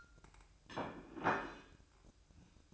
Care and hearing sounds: daily activity, microphone in the room; place plate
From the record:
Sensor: 2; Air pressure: 1007.3 hPa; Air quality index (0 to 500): 41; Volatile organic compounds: 1 ppm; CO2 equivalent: 543 ppm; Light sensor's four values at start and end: 6/15/6/6 and 6/15/6/6

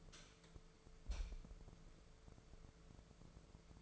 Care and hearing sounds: daily activity, microphone in the room; light on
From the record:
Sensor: 5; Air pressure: 1014.9 hPa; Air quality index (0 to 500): 173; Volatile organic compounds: 6 ppm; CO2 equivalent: 1906 ppm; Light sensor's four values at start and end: 54/129/52/54 and 55/134/54/56

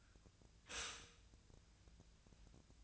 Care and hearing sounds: daily activity, microphone in the room; stop toaster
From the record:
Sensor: 2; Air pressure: 1009.2 hPa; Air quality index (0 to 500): 187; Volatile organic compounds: 11 ppm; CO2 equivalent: 2319 ppm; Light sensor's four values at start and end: 23/57/24/26 and 23/57/24/26

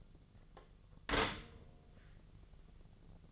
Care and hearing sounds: daily activity, microphone in the room; stop toaster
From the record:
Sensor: 4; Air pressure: 1001.1 hPa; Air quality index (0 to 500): 167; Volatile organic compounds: 2 ppm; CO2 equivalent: 1213 ppm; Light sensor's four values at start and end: 18/42/18/18 and 17/40/17/17

